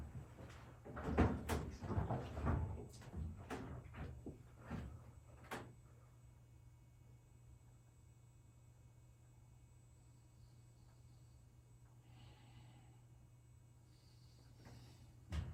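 Clothes are moved from a washer to a dryer: for the first six seconds there are busy thumps, rustles and knocks of handling, loudest around one to two seconds. Then it falls quiet over a steady low machine hum, with faint high tones near the end.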